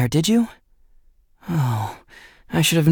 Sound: sigh